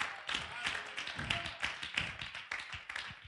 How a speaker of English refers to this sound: Oh, clap your hands to the Lord and somebody shout hallelujah.